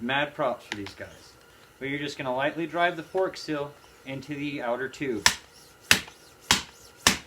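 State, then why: Seated. Someone talks as a seal driver lightly taps a fork oil seal into the aluminium outer fork tube of a 2009-11 CRF450 twin-chamber Kayaba motorcycle fork during a rebuild. After the talking, sharp taps ring out at about 5.3, 5.9, 6.5 and 7.1 seconds. The last tap at 7.1 seconds is the click of the seal bottoming out, driven home and seated.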